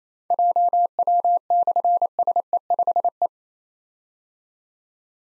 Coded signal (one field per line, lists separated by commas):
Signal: Morse code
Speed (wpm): 27 wpm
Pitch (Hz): 700 Hz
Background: none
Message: JW/SE5E